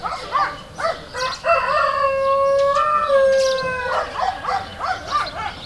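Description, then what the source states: Chicken: rooster gives a long drawn-out crow lasting about two and a half seconds, with dogs barking and yelping repeatedly before and after it. Countryside habitat soundscape with roosters and dogs.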